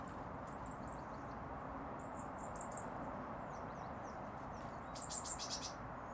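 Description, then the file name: Eurasian blue tit calling with quick runs of thin, very high notes separated by short pauses, over steady low background noise. "Cyanistes caeruleus"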